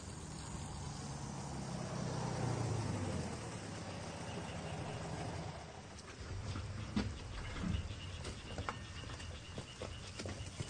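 A yellow Beetle car turns onto a family's property with a steady low engine rumble that eases off midway, followed by scattered crunching and clicking as tires creep slowly over gravel.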